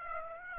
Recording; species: mosquito wingbeat signal from an infrared sensor; Aedes aegypti